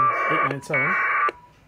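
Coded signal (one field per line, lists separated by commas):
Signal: packet radio (AX.25, as in APRS)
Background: speech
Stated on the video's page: Packet radio APRS received via a Kantronics KPC3+ TNC, which has problems receiving other stations.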